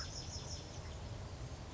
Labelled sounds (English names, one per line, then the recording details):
American Crow
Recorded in Sonoma County, California